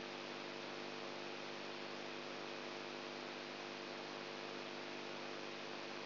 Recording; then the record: brain microelectrode recording played as sound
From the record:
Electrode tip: outside the subthalamic nucleus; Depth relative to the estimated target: -3 mm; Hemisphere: right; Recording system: AlphaMap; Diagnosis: Parkinson's disease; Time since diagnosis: 20 years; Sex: female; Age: 64 years